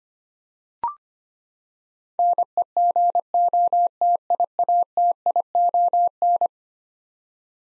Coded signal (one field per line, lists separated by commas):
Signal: Morse code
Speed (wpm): 25 wpm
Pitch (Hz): 700 Hz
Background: none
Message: NEGOTIATION